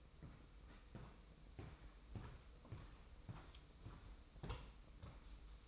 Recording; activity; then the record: daily activity, microphone in the room; walk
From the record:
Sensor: 1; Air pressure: 990.7 hPa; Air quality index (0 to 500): 149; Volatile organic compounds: 1000 ppm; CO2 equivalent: 5388 ppm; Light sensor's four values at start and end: 28/65/27/30 and 25/59/25/27